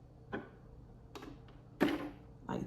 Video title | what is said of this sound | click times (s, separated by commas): How to set up Sewing Machine for Beginners | You should hear it click. | 1.1 s